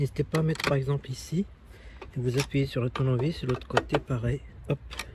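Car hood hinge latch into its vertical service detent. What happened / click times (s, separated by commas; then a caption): Handled, not yet home: hood hinge not yet clicked into its service position / none. Someone talks while pressing the hood hinge mechanism on the other side of a W140 so that the bonnet will lock into its vertical 90° service position for work on stiff power steering. The clip ends just before the hinge latch goes home, so nothing has seated or clicked yet.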